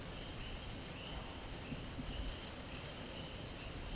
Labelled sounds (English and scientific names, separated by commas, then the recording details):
none
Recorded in pastures near Puerto Asís, Putumayo, Colombia, on 22 June 2025 at 13:00
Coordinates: 0.472, -76.331
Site G095